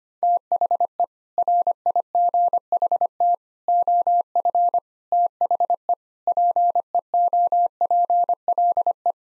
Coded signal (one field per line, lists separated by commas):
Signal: Morse code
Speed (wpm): 25 wpm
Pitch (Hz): 700 Hz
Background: none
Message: THE RIGHT OF THE PEOPLE